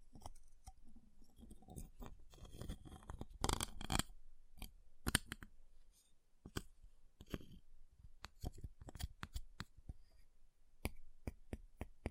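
Ice being tapped, scratched and carved, with sharp clicks and scrapes arriving in quick irregular bursts. A denser stretch of grinding scrapes builds in the first four seconds, then the sounds thin into separate crisp taps and short scratches through to the end.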